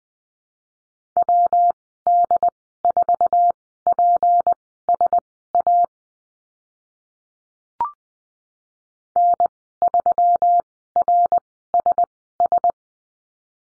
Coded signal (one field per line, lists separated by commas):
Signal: Morse code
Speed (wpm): 20 wpm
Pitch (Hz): 700 Hz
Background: none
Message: WD4PSA N3RSS